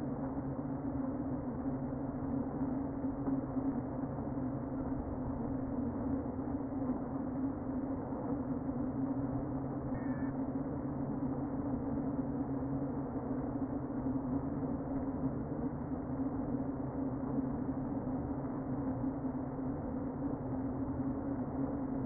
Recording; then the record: honeybee colony, microphone inside the hive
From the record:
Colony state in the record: queen present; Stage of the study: before two queens were removed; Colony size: about 60,000 bees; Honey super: yes